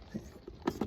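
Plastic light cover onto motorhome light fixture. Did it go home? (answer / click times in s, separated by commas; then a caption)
no / none. A second plastic light cover is being handled and fitted onto the top of a motorhome light fixture. Soft plastic handling sounds with a few brief knocks are heard, the sharpest at about 0.7 s and another near 0.8 s. Nothing has seated or clicked into place yet.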